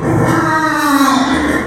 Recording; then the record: squeal of a Yucatan mini pig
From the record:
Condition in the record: after surgery on the right vocal fold (resection and tissue-engineered implant); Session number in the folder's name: 4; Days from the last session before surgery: 26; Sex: female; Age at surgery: 19 weeks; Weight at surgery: 25 kg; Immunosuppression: prednisolone